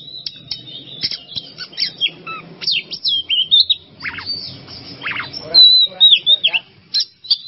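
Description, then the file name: Oriental magpie-robin song with sharp descending whistles, rasping notes and a clear rising-falling whistle near the end, over a low background hum. Masteran training recording for songbirds; song style called bongkar isian emosi. "Masteran Kacer Bongkar Isian Emosi"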